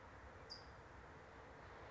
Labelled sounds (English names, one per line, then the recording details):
California Towhee
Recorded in Sonoma County, California